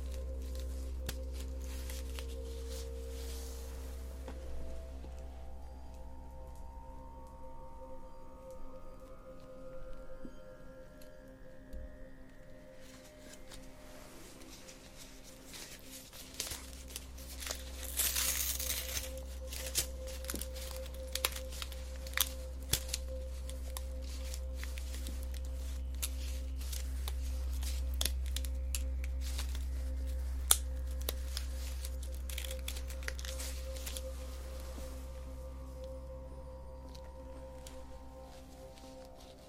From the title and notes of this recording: ASMR Facial Acupuncture ~ Personal Attention Close Up Face Touching.